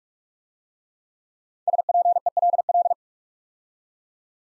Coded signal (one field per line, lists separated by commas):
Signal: Morse code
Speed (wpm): 44 wpm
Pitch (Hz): 700 Hz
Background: none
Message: SPELL